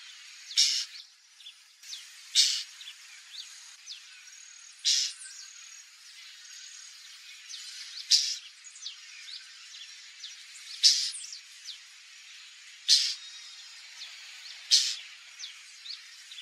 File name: Canto do calhandra de tres rabos